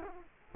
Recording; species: mosquito wingbeat signal from an infrared sensor; Culex quinquefasciatus